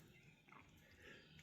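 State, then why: Not seated. A greased planetary gear stack and cover are pushed by hand into the final drive housing of a 1/14 RC 360L hydraulic excavator, giving only faint, soft contact sounds around 0.5 s and 1.4 s. There is no distinct click, and the cover has not seated.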